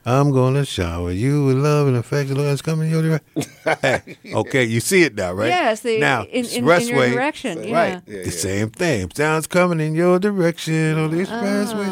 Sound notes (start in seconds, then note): 3.3 laughter; 9.0 singing